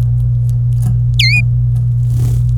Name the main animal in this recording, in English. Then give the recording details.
Domestic Canary. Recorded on 25 April 2018 at 14:48. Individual llb3